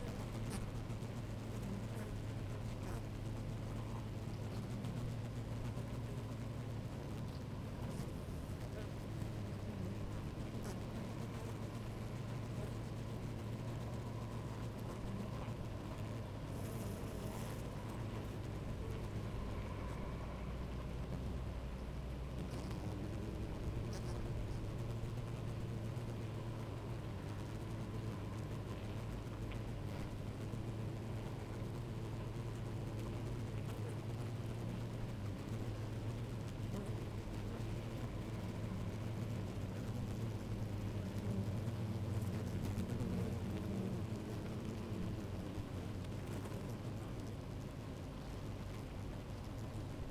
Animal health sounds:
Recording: honeybee colony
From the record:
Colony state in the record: active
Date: 28 July 2017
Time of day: 11:00

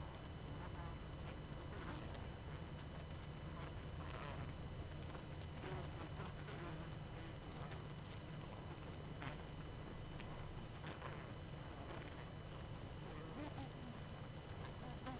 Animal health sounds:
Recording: honeybee colony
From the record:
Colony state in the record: active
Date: 12 June 2018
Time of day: 22:16

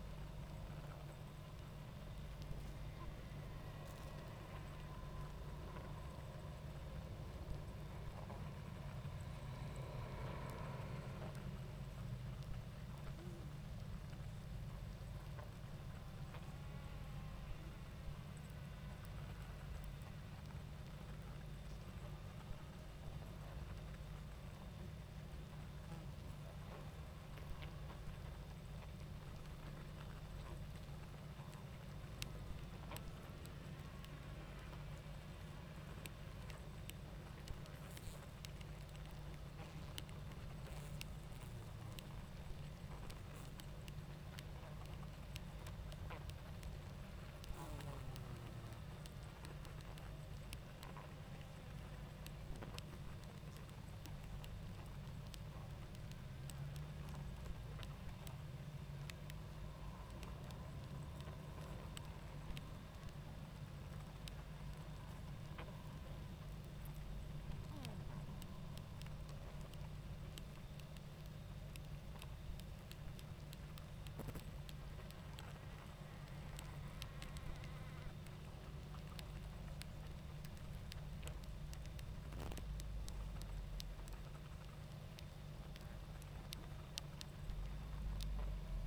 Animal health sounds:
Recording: honeybee colony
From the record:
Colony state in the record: active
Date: 28 July 2017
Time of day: 20:37

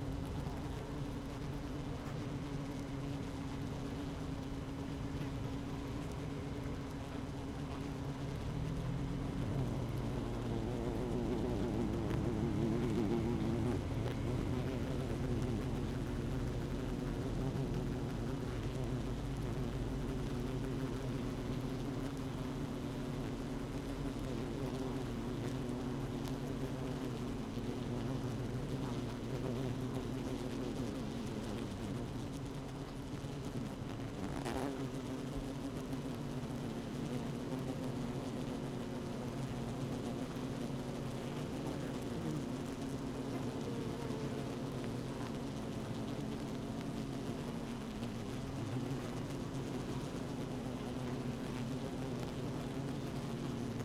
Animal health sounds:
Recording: honeybee colony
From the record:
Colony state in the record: active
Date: 12 June 2018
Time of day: 15:18

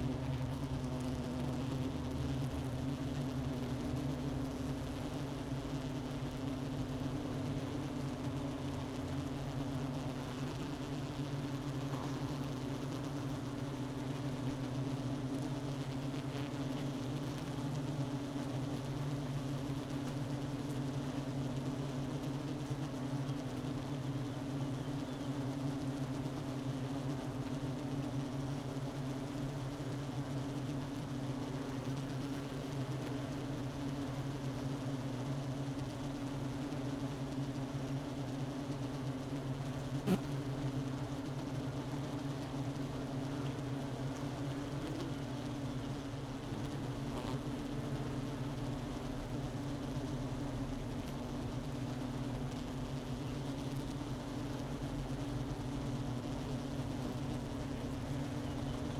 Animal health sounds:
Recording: honeybee colony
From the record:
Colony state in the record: missing queen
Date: 31 May 2018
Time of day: 11:45

